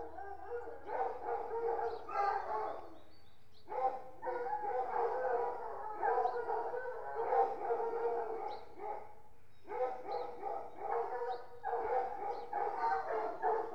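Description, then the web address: Dog: pack of hounds howling and yelping in overlapping bursts, with a couple of brief lulls and a faint low hum. Dogs at a hunt kennel; general kennel atmosphere. "BBC Sound Effects Library. Horses Dogs"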